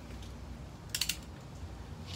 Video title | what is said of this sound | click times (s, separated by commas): LSV Cylinder Head Torque Sequence | on it let it do its job and then hear it click and that's when you know it's good | 0.9 s, 1.0 s, 1.1 s